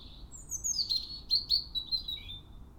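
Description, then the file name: European robin song phrase: high, sweet notes that start thin and slide down into a rapid, wavering trill, against quiet background hum. "Erithacus rubecula"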